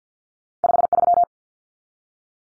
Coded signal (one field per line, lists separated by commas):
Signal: Morse code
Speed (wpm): 50 wpm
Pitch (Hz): 700 Hz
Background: none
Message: 53